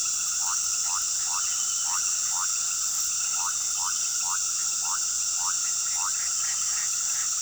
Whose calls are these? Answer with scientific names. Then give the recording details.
none. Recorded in pastures near Puerto Asís, Putumayo, Colombia, on 20 February 2024 at 21:00. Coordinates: 0.466, -76.323. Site G6384